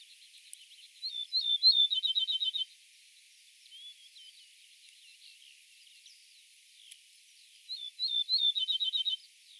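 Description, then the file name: Ortolan bunting singing two short phrases, a few high introductory notes then a fast run of evenly repeated clipped notes, separated by several seconds of faint, scattered chirps. "bruant ortolan - emberiza hortulana"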